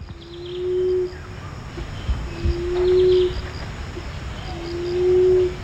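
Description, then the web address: Emerald dove uttering three soft, low coos, each held and swelling slightly, spaced about two seconds apart. Recorded at Danum on 1 October 2008. "DANUM 20081001. emerald dove"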